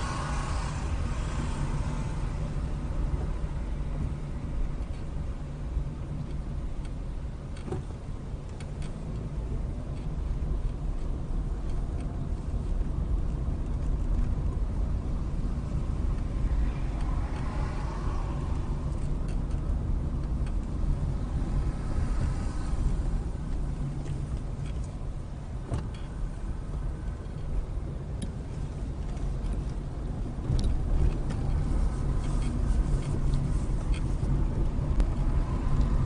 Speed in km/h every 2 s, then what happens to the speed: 19, 18, 18, 13, 15, 18, 21, 21, 19, 21, 21, 16, 11, 11, 18, 24, 26, 26.
0-7 slows to 13. 7-11 speeds up to 21. 11-20 steady at about 21. 20-23 slows to 11. 26-30 speeds up to 24. 30-36 steady at about 26.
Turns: 5-9, 20-27.